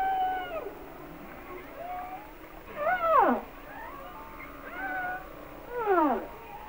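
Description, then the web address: Humpback whale song: falling wails and downswept cries, repeated roughly every three seconds. "Natures Songs Whale Songs Sounds of Nature - Humpback Whales"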